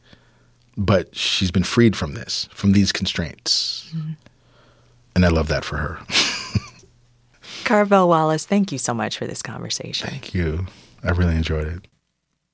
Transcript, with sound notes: but she's been freed from this, from these constraints. And I love that for her (laughter).
Carvell Wallace, thank you so much for this conversation.
Thank you. I really enjoyed it.